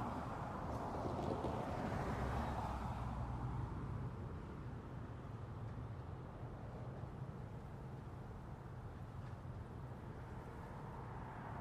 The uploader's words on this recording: This episode features an old, Western American town and its relaxing traffic soundscape on a very easy-going afternoon.